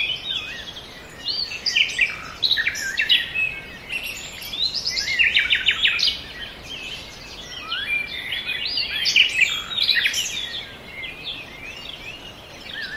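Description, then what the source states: Bird: busy chorus of many birds, varied warbling and chirping phrases overlapping with hardly a pause. Forest birds.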